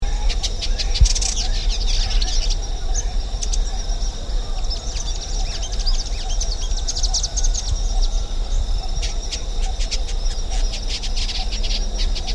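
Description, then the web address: Wilson's indigobird song: bursts of high, scratchy chattering notes and clicks, some in quick runs, over loud, steady low-pitched background noise. "Indigobird Song Vidua wilsoni"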